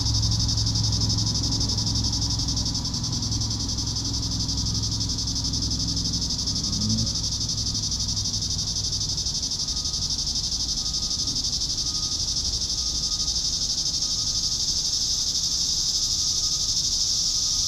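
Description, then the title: Cicadas holding a steady shrill buzz, with a low hum in the first half. "neoscenes: cicadas"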